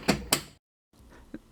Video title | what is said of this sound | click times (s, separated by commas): How to Install MyVaillant Connect + SensoROOM Smart Heating Control, Pros & Cons, Efficiency & More | place it on the two lugs slide it backwards you'll hear it click | 0.3 s